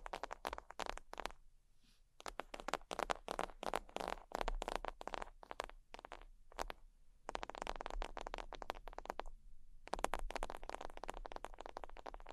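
Sheets scratching and tapping in dense bursts of quick, bright, crackly strokes, broken by short pauses near two, six and nine seconds.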